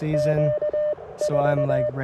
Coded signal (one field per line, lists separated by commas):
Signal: Morse code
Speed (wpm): 20 wpm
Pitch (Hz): 590 Hz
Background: speech, radio noise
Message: Q4